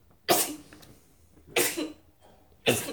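Three sharp, explosive sneezes from an adult woman come in quick succession, roughly one every second, each with a noisy hiss that trails off. They are part of a longer run of about five sneezes in a row, an ordinary reflex. Quiet room noise fills the gaps between them.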